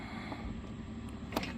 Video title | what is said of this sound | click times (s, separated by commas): "Is the Milwaukee MX Fuel portable power station worth the hype? ⚡ We put it head-to-head to a JXWVU | and I heard that click | 1.4 s